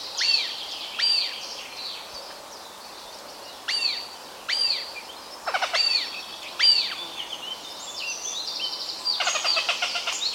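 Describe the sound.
Harrier calls: several arched whistled squeals spaced irregularly, some doubled, against a constant background chatter of small birds.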